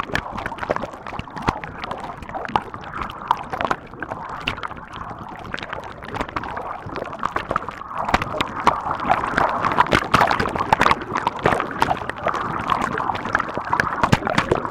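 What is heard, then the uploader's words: Underwater hydrophone sound near a spa jet: a steady, dense fizz of crackling clicks and gurgles, growing slightly louder halfway through. Quiet water. Hydrophone near spa jet.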